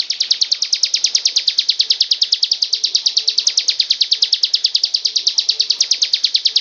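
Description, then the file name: Bird delivering a rapid, unbroken run of shrill, evenly spaced chipping notes throughout. Song delivered in the ngebren style. "cb-ngebren -omkicau"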